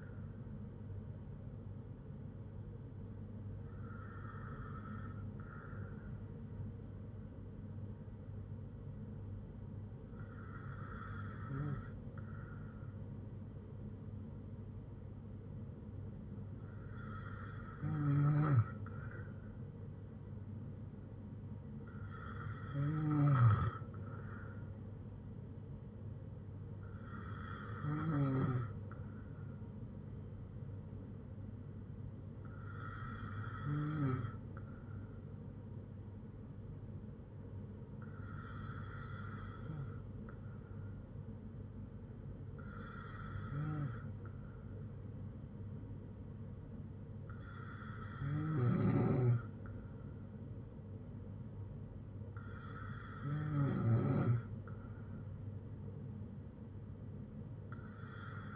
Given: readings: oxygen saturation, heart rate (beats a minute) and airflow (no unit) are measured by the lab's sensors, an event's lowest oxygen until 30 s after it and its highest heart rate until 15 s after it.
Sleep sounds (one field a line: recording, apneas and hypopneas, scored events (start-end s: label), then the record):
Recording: breathing in sleep by a smartphone at the bedside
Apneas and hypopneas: 1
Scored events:
29.00-53.20 s: hypopnea (N2, oxygen 96% highest, then 93% lowest, heart rate 60 at the start, 65 highest)
From the record:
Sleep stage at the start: N2 (light sleep)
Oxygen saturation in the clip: 94 to 96%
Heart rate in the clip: 56 to 68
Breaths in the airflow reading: 11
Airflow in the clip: -5.7 to 5.4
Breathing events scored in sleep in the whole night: 182 in 7.4 hours asleep